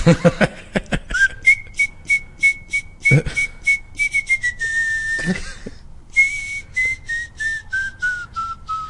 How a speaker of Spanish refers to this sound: Hay una rolita, no me acuerdo, pero te la voy a chiflar.